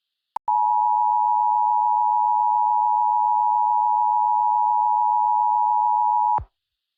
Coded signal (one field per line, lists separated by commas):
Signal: Emergency Alert System (SAME) tones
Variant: 853 and 960 Hz attention tone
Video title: EAS Scenario Cooke run: kingdom Dragon Massacre Part 2